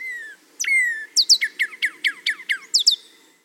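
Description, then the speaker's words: Northern Cardinal song: a long level whistle, then a rapid series of sharp downslurred notes. Male; song variation rendered as 'Cheer, cheer, what, birdie, birdie'. "Another song variation is given as, "Cheer, cheer, what, birdie, birdie." I think this one sort of follows that pattern. Sort of."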